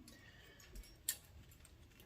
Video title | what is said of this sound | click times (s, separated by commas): I Wrecked 2 of the Trucks. Chevy S10 Abuse. | down in there they just snap right in | 1.1 s